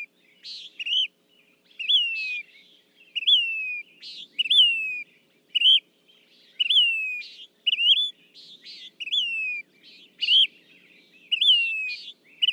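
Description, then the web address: Say's phoebe singing steadily, with descending whistled 'pee-ur' notes and rough buzzy phrases alternating roughly once a second through the recording. "birdsongforthecurious Say's Phoebe"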